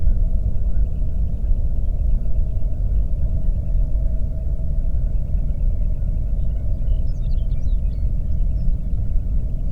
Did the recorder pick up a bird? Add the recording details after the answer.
yes. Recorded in the Prudhoe Bay oil fields, Alaska, on 22 May 2019 at 01:31. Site 25